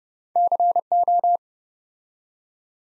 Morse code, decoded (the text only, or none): CO